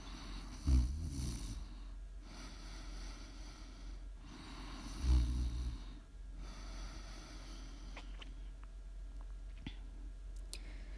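Low, rumbling ASMR snoring from a sleeping adult recurs with each breath, roughly every four seconds, about 14 breaths a minute. The loudest snorts come on inhalation, with softer airy breathing between them, against steady room hiss. This is ordinary sleep snoring.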